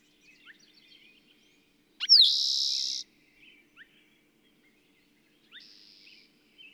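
Bird song: quick twittering chirps, a loud buzzy trill of about a second, then more short notes and a fainter, softer buzz.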